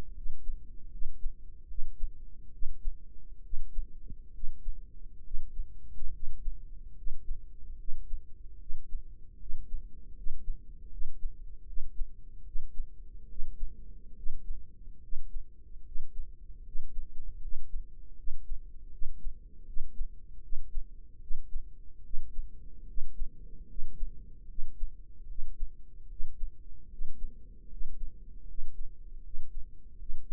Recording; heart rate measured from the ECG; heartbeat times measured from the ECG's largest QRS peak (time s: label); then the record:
heart sounds by microphone in the right ear; 74 bpm
0.15 s: heartbeat
0.91 s: heartbeat
1.68 s: heartbeat
2.52 s: heartbeat
3.43 s: heartbeat
4.33 s: heartbeat
5.23 s: heartbeat
6.13 s: heartbeat
6.96 s: heartbeat
7.78 s: heartbeat
8.59 s: heartbeat
9.39 s: heartbeat
10.16 s: heartbeat
10.91 s: heartbeat
11.66 s: heartbeat
12.45 s: heartbeat
13.28 s: heartbeat
14.16 s: heartbeat
15.02 s: heartbeat
15.85 s: heartbeat
16.65 s: heartbeat
17.41 s: heartbeat
18.17 s: heartbeat
18.91 s: heartbeat
19.66 s: heartbeat
20.42 s: heartbeat
21.20 s: heartbeat
22.03 s: heartbeat
22.87 s: heartbeat
23.68 s: heartbeat
24.48 s: heartbeat
25.28 s: heartbeat
26.09 s: heartbeat
26.90 s: heartbeat
27.70 s: heartbeat
28.47 s: heartbeat
29.23 s: heartbeat
29.99 s: heartbeat
From the record:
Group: healthy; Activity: cold pressor test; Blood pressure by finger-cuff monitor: 151/101 mmHg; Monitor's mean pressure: 114 mmHg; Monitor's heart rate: 74 bpm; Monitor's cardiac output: 7.7 L/min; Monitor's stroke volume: 105 mL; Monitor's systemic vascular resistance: 1130 dyn s/cm5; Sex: male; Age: 30 years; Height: 188 cm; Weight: 110.2 kg